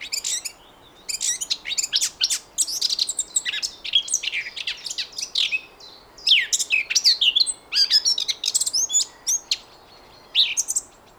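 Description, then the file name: Eurasian blackcap song: rapid bursts of varied warbled notes and quick chirps, in short phrases separated by brief pauses. "Sylvia atricapilla"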